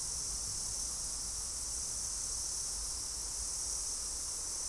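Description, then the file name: Continuous insect chorus: an even, shrill hiss-like buzz with no pauses, plus a faint low-frequency rumble. "mainly insect"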